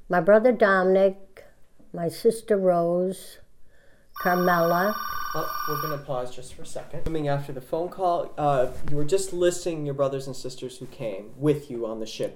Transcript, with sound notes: My brother Dominic, my sister Rose, Carmella. ( a telephone rings )
Oh, we're going to pause just for a second. ( break in tape ) We're resuming after the phone call. You were just listing your brothers and sisters who came with you on the ship.